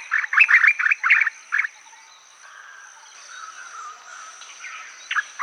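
White-browed bulbul song: a quick burst of loud, chattering notes for about a second and a half, then fainter twittering, with a steady high-pitched whine throughout.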